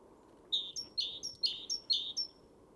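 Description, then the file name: Great tit giving a short run of four repeated two-note phrases, each a lower note followed by a higher one, with low background noise underneath. "Parus major"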